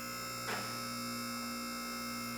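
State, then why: Not seated. A hydraulic cylinder raises a lift unit while a steady electrical hum with tonal bands runs throughout, broken only by a brief broadband swell around 0.5 s. The unit's safety locks have not been adjusted yet, so they do not engage as it rises, and nothing has clicked into place.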